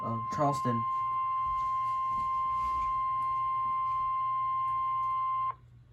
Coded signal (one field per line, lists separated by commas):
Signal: Emergency Alert System (SAME) tones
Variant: 1050 Hz attention tone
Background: speech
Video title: EAS 709: SVR from NWS CHS